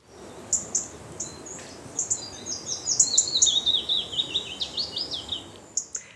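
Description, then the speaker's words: Willow warbler song: thin, very high notes open with short staccato chips, then a soft descending cadence of sweet whistled phrases over faint background hiss. Small bird, second place in a survey of the most pleasant bird sounds; song has a short staccato part with a melody above it, sung high. "Das gehört beides zum Fitis, ist das richtig?"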